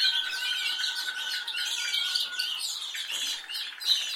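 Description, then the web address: Canary song: rapid rolling trills with a steady lower tone running beneath, over constant chirping. "Canari Seda Canari"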